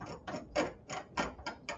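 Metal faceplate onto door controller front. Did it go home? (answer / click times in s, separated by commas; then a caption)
yes / 0.3 s, 1.2 s, 1.7 s. A small metal faceplate is screwed onto the front of a door controller that is locked into the wall, and it ratchets with a series of sharp mechanical clicks, the loudest at 0.3, 1.2 and 1.7 seconds. The faceplate is seated, and once it clicks it cannot be backed off.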